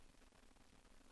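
A power lock wiring connector is being handled at a replacement inside door handle, about to be pushed in until it snaps. Only a steady broadband hiss with faint low rumble is heard, with no distinct hits or words. Nothing has seated or clicked yet.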